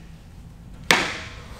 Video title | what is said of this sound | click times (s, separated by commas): No More Flats? Tannus Airless Tire Review | there well that was a satisfying snap wasn't it i kinda | 0.9 s